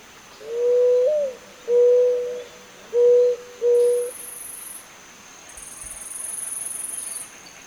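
Zenaida dove calling a run of four low hooting coos, the opening note swelling upward, the rest flat and evenly spaced, then a high insect buzz afterward.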